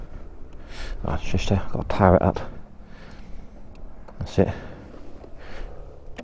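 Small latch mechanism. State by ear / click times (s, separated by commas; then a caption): released / 6.2 s. A man talks while the ignition of a 2021 KTM 1290 Super Adventure S motorcycle is switched on and the under-seat electric seat-release button is pressed. The seat latch releases with a small, sharp click at 6.2 s, and the seat is unlatched.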